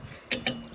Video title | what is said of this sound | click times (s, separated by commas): 🆕 How To Change Snow Tires On Car Video - How To Change Your Tires Yourself ~ Must Watch! | that's the click gotta make | 0.3 s